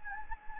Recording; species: mosquito wingbeat signal from an infrared sensor; Anopheles gambiae